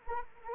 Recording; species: mosquito wingbeat signal from an infrared sensor; Anopheles arabiensis